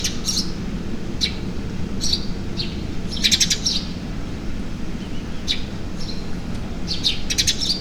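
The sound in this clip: Bird gives high, short chirps, singly and in quick clusters of three or four, scattered every second or so over a low background rumble.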